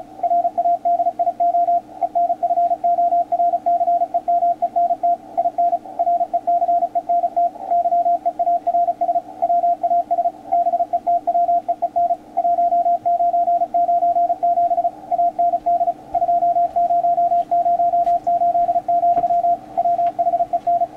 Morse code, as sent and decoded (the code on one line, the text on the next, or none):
.-. .- -.. .. --- / . -. ..-. --- .-. -.-. . -- . -. - / .. -. / .-. . -.-. . -. - / -.-- . .- .-. ... / .-- .- ... / -... . - .-- . . -. / .---- ----. ----. --... / .- -. -.. / ..--- ----- ----- ---.. --..-- / .-- .... . -.
RADIO ENFORCEMENT IN RECENT YEARS WAS BETWEEN 1997 AND 2008, WHEN